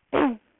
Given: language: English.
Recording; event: throat vibration sensor signal played as sound; throat clearing